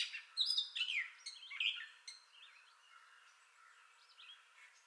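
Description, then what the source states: Gray catbird song, a jumble of squeaky, scratchy phrases in the first two seconds, then softer, thinner notes trailing off. Entire song bout, 30 May 2021.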